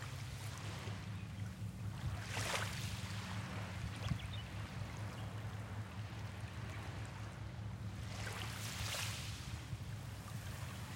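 Waves wash onto a beach in soft swells near 2.5 and 8.5 seconds over a constant low engine-like rumble, likely a boat.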